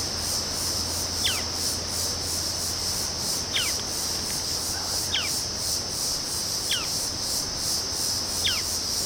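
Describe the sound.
Cherrie's antwren calls: short, sharply descending double notes repeated every one to two seconds, five in all, over a loud steady high-pitched insect chorus.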